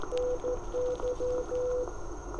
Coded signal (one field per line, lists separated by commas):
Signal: Morse code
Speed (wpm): 15 wpm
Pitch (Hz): 500 Hz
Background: none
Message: NY